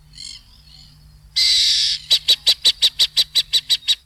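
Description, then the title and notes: Burrowing owl alarm call: a short harsh hissing screech, then a rapid, regular series of about eleven sharp chattering clicks. Bahía Blanca area, Argentina; ground-dwelling owl of open habitats; its commonest call, a screech followed by several chatters, is usually given as an alarm. "Museo de Ciencias de Bahía Blanca. Lechucita Vizcachera (Athene cunicularia) Su vocalización más común consiste en un chillido seguido de varios chistidos y la emite generalmente como voz de alarma"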